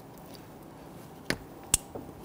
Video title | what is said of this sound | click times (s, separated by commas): How to Replace Spark Plugs 2000-2006 Toyota Tundra 4.7L V8 | you're going to hear and feel it snap into place | 1.7 s